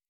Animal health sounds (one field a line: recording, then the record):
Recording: hydrophone in a shrimp aquaculture tank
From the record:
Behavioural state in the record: normal